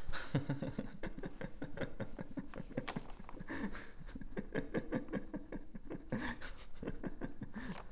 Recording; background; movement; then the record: laughter; quiet; sitting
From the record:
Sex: male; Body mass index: 22.0 kg/m2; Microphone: on the chest, facing outward